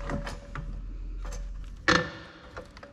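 A jack is placed under a new plastic jack pad on a BMW M2 Competition and raised, so the pressure pushes the pad into its underbody sill mount after it would not seat by hand. Quiet low rumble and small ticks lead up to a loud thunk at 1.9 s, followed by a fading tail and a few faint taps. The pad is now firmly seated in the sill mount.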